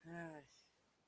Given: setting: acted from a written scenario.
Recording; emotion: vocal sound without words; romantic love